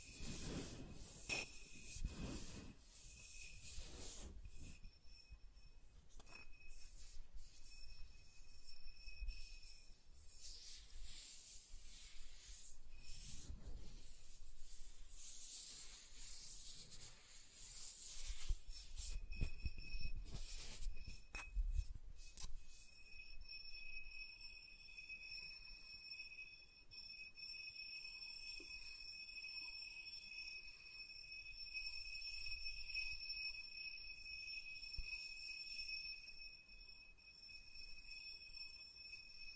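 Soft tracing over smooth and rough surfaces makes a quiet, airy rubbing hiss that comes in short strokes and sweeps. The first twenty seconds are busier and grittier, with brief taps; after that the strokes thin out and a faint steady whine runs underneath.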